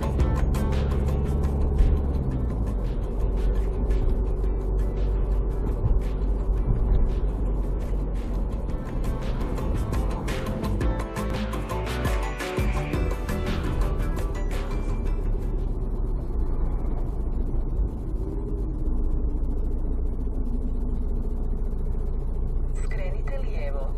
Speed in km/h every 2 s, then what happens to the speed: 52, 50, 51, 50, 47, 43, 39, 37, 35, 29, 21, 13.
0-6 steady at about 50. 6-22 slows to 13.